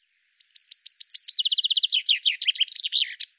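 Common chaffinch delivers one accelerating song phrase, with spaced high notes, a tight repeated trill, then an emphatic twisting ending, on a clean, quiet background.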